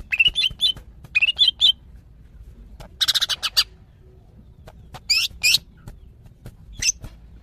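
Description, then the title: Greater green leafbird giving short whistled phrases in two quick bouts, then a harsh buzzy burst and a few sharp scattered chirps. Female calling to a male, described as very vocal. "CUCAK IJO BETINA GACOR HIPER MEMANGGIL JANTAN"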